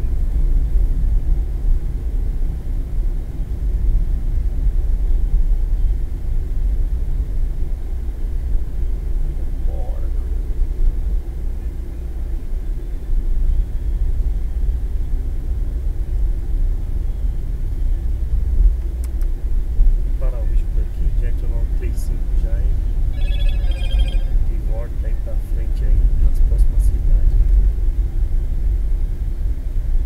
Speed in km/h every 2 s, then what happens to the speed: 43, 43, 43, 41, 41, 42, 39, 38, 38, 36, 34, 34, 35, 35, 32.
0-30 slows to 32.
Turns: none.